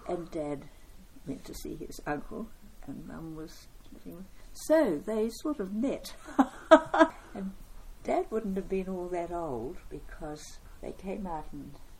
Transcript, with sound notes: And Dad went to see his uncle and Mum was living… So, they sort of met. [Chuckle] And Dad wouldn’t have been all that old, because they came out in